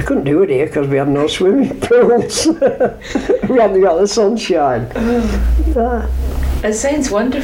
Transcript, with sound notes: Couldn't do it here 'cause we had no swimming pools. [laughs] We only got the sunshine.
Aw.
Ah.
It sounds wonderful.